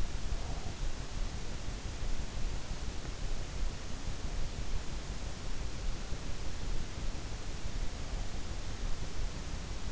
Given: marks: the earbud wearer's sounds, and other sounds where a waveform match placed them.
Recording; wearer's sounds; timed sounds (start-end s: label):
sounds in sleep by an in-ear microphone; breath
0.00-0.79 s: breath